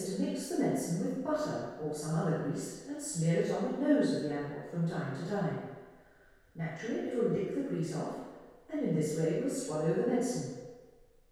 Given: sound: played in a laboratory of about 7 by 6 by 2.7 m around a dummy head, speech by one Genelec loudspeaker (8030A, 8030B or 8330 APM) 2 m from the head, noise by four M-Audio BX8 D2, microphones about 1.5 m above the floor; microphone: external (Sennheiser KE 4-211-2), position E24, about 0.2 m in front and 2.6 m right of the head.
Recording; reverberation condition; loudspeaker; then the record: female speech in English; high; 150 degrees to the right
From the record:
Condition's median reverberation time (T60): about 1300 ms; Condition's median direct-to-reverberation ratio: about -4.0 dB